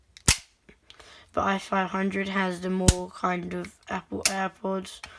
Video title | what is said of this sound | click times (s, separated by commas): Unboxing the fake AirPods with a screen!!!! i99 Review | They kind of have a nice click to them, but size comparison is what we really need to see here. | 0.3 s